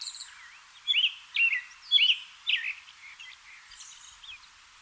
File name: American Robin Turdus migratorius